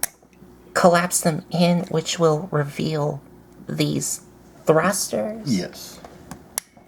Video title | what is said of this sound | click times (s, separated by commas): Gobots Monsterous Part 2 of 3 | And they'll click into place. They should click into place. | 6.6 s